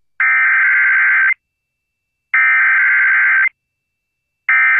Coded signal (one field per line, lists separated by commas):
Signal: Emergency Alert System (SAME) tones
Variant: header bursts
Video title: EAS SCENARIO: Terror Up In The Hills